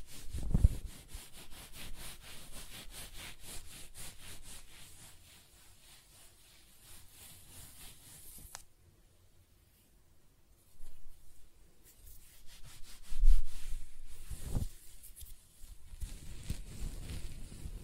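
Close-up hair sounds: quick, rhythmic scratching strokes with a dry, bright rasp fill the first eight seconds. A sharp tick breaks it, followed by a near-silent pause, then the scratching returns in bursts, peaks around thirteen seconds, and eases into softer rubbing.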